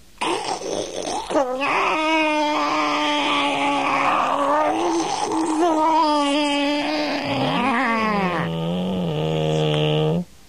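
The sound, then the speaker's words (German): A door creaks slowly open, its hinges giving a long, groaning squeal that wavers and slides in pitch for about ten seconds, fairly loud, with no talking over it. “Da hat er ganz leise eine Tür aufgemacht.”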